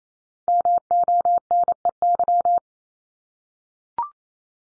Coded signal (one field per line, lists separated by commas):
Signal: Morse code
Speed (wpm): 28 wpm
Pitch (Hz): 700 Hz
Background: none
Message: MONEY